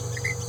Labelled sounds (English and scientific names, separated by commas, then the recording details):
Green-rumped Parrotlet (Forpus passerinus) babbling
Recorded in a nest box in Venezuela
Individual 18B17A4